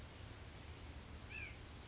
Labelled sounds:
Oak Titmouse (Baeolophus inornatus)
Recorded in Sonoma County, California

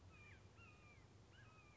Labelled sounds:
Red-shouldered Hawk (Buteo lineatus)
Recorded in Sonoma County, California

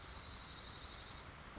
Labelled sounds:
Dark-eyed Junco (Junco hyemalis)
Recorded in Sonoma County, California

